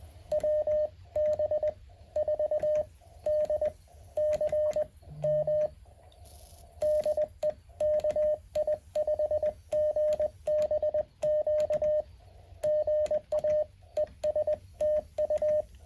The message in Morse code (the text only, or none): WB4DCM DE KI5GBQ GA ES TU